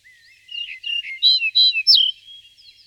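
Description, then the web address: Yellow-breasted bunting song: a short run of clear whistled notes rising into brighter, sweeping phrases, ending in a soft trailing note. "All the bird songs of Britain and Europe - Jean-Claude Roche. Emberiza aureola"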